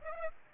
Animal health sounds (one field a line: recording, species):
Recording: mosquito wingbeat signal from an infrared sensor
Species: Aedes aegypti